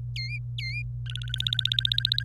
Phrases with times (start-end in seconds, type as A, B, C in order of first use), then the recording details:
0.16-0.82 A, 1.06-2.25 B. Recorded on 25 April 2018 at 18:18. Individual llb3